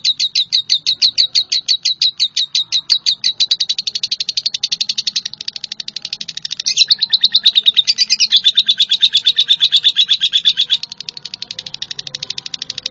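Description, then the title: Java sparrow singing a long, rapid run of clipped, metallic chirps, very regular at first, then louder and more warbled toward the end before fading. "kicau gelatik"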